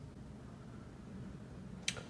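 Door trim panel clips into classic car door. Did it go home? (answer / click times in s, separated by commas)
yes / 1.9 s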